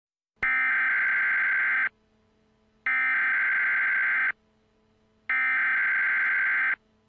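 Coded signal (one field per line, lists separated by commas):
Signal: Emergency Alert System (SAME) tones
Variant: header bursts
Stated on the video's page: Fictional EAS short scenario about an expanding void in Aspen, Colorado.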